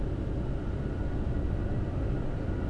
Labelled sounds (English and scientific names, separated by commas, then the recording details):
none
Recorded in Germany
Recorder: ecoPi